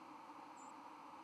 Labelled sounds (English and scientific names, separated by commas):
White-throated Sparrow (Zonotrichia albicollis) flight call